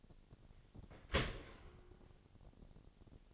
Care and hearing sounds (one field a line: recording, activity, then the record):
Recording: daily activity, microphone in the room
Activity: open dishwasher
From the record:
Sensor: 4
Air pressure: 1007.6 hPa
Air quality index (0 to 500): 196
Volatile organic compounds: 7 ppm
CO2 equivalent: 1955 ppm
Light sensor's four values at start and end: 22/70/26/26 and 22/70/26/26